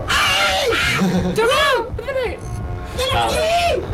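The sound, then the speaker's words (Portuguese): A member of a touring band from Araraquara, visiting a radio studio in São Carlos, screams loudly on request in several strained, high-pitched bursts, the voice rising and falling in pitch with brief breaks between cries. “Grita aí pra galera não achar que é mentira.”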